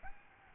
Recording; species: mosquito wingbeat signal from an infrared sensor; Aedes albopictus